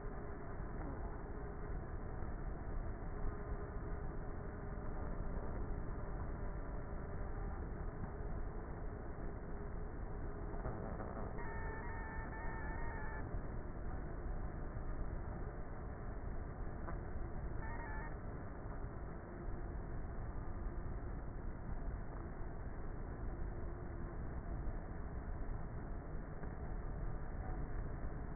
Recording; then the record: honeybee colony, microphone inside the hive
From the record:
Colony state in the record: queenless with a low population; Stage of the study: before two queens were removed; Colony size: about 30,000 bees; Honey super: no